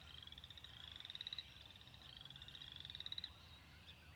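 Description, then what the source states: Spring peeper giving two long, high pulsed trills, each rising slightly in pitch. Recorded on 2021-04-06.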